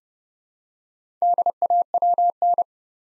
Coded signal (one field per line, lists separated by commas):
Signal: Morse code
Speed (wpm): 30 wpm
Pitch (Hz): 700 Hz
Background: none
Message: DAWN